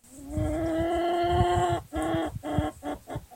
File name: Chicken